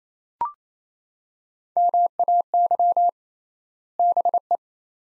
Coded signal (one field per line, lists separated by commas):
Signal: Morse code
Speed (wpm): 28 wpm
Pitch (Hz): 700 Hz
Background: none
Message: MAY BE